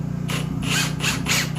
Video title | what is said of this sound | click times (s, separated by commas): The first tools to get for my woodworking shop! | now see now i have it set on on 18 which is a ratcheting and it stops right where it's supposed to | 0.3 s